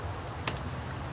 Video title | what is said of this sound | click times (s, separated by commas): Ford F150 Pickup 4.2 Spark Plugs And Ignition Wires Replacement | push it on till you hear it you'll hear it snap into place | 0.5 s